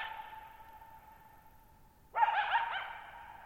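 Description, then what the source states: Coyote howl: the fading echo of one call, then a fresh wavering, slightly warbling cry that rings on and slowly dies away. Lone coyote at night, July 14, 2019, near Thirtymile Meadows, Okanogan National Forest, Okanogan High Country, Pacific Northwest, 6400 ft (1950 m); high dry plateau with tall sharp mountains, shallow bowl-shaped meadows forming a natural amphitheater.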